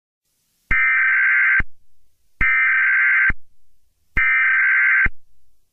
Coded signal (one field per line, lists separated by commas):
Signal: Emergency Alert System (SAME) tones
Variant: header bursts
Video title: Emergency Alert System VS Alert Ready